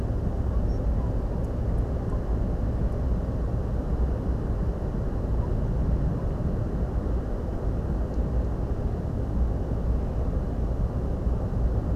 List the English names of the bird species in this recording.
Spotted Flycatcher